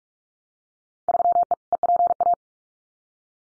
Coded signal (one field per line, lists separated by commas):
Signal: Morse code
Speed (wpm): 44 wpm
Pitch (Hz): 700 Hz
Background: none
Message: 3E EPA